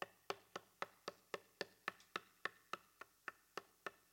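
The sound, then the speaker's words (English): A steady run of knocking, about fifteen sharp, evenly spaced raps in quick succession, each hit crisp and identical, with no voices or other sounds around them. “Knocking.”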